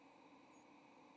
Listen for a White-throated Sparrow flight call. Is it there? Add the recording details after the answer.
no. Another species' flight call is heard. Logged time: 06:42 on 30 October 2014